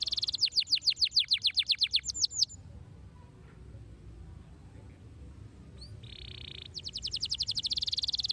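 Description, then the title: Canary song: a fast series of sweeping whistled notes, a pause with faint tones, then a buzzy steady note leading into another rapid trill. Domestic Belgian canary song, played to stimulate young canaries into becoming active and singing vigorously. "Canto Para Esquentar Canário Belga. RANGSANGAN SUARA BURUNG KENARI GACOR - BIKIN KENARI MUDA JADI AKTIF BUNYI DAN BERKICAU"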